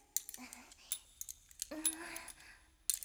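Metallic clicking and scraping as someone tries to unlock a stuck, locked door in a Tales of Phantasia drama CD scene, with a few sharp clicks and rattles over about three seconds, fairly quiet.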